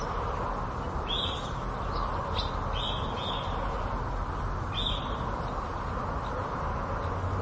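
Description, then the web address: Birds chirping: a few short high chirps over a continuous low background hum. Suburban setting; agitated birds. "suburban ambience with agitated birds flapping and chirping"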